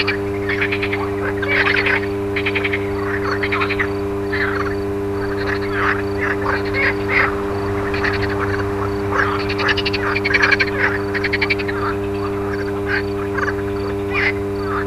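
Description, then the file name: Frogs croaking in repeated rough, pulsed bursts every second or so, with a steady low electrical hum beneath. Frogs recorded alongside a humming electrical transformer. "grenouilles et transformateur"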